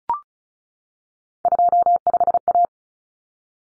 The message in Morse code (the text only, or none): 25A